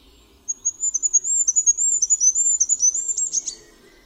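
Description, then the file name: Goldcrest song: a very high, thin, rhythmic series of quick notes, ending in a brief twittering flourish. "MYSIKRÓLIK"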